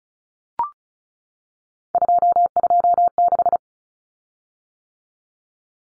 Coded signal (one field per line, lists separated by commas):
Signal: Morse code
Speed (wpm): 34 wpm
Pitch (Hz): 700 Hz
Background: none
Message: 226